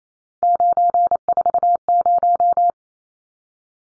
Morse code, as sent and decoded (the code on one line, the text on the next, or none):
----. ....- -----
940